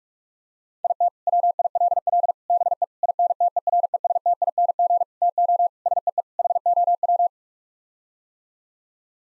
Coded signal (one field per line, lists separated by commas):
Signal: Morse code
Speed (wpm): 46 wpm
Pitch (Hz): 700 Hz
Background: none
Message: IT WILL BE INTERESTING TO SEE HOW